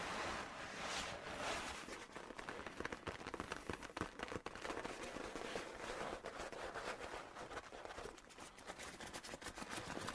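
A leather coat rustles and creaks without pause, a dense stream of crackling, snapping bursts that stays fairly even in loudness throughout.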